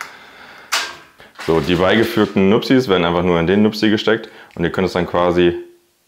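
Supplied plastic clamp brackets for a pleated blind are handled and fitted onto a window frame while someone talks, with a brief sharp handling sound near 0.7 s. The clip ends before the bracket clicks into position, so nothing has seated or clicked yet.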